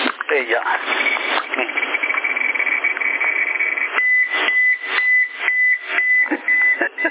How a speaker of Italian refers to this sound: Si sente, sì. Alla grande. No, però quando vai in allarme sembrano il camion a Mondetta quando fa retromarcia.